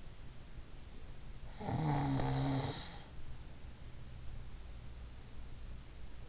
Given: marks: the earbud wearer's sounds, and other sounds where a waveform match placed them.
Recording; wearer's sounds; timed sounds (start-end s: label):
sounds in sleep by an in-ear microphone; snoring breath
1.39-4.00 s: snoring breath